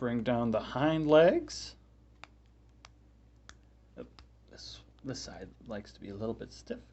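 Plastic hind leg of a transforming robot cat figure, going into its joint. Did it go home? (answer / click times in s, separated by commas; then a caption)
no / none. Someone talks while handling the stiff-side plastic hind leg of a transforming robot cat figure, working it down toward its joint, with faint sharp ticks of plastic handling around 2.2, 2.8, 3.5 and 4.2 seconds before the talking resumes. Nothing has seated or clicked into place yet.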